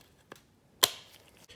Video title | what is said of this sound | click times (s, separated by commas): How To Paint Emblems/Badges On Your Car - RAV4 2012 2013 2014 2015 2016 2017 2018 | once you get the logo snapped back into the plastic housing put the top in on an angle first and then snap the bottom in there | 0.8 s